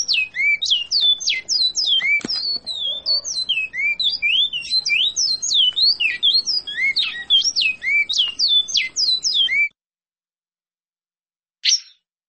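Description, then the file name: Great-billed seed finch song: a fast, continuous run of sweet whistled notes and slurred chirps for about ten seconds, then silence and one brief final note. "Bicudo"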